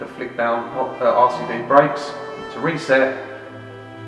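A tripped RCD switch in a consumer unit fuse board is being handled, to be pushed back up until it latches in the on position. Someone talks over faint background music. Nothing has seated or clicked yet.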